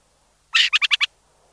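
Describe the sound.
Burrowing owl chatter: one longer harsh note followed by four quick, clipped pulses in a rapid burst.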